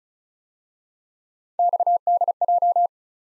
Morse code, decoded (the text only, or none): XDJ